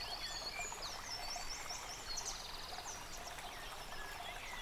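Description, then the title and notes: Several birds singing together, high thin whistles and fast trills overlapping above a steady rushing stream. Bird chorus recorded by a stream at Dlouhý Důl, Krásná Lípa, Czechia, on a Zoom H6 recorder. "Dlouhý Důl 14, 407 47 Krásná Lípa, Czechia - Ptáci a potok. Ptačí sněm snímaný u potoka.. nahráno na ZOOM H6"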